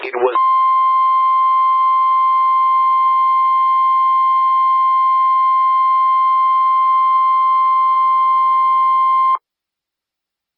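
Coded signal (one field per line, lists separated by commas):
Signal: Emergency Alert System (SAME) tones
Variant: 1050 Hz attention tone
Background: speech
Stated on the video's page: NOAA Weather Radio relays carry only 1050 Hz attention tones without SAME headers; recorded from an online stream of the weather radio transmitter and an FM station's web stream.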